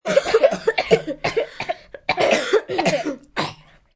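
Several children coughing at once in overlapping bursts; acted group coughing.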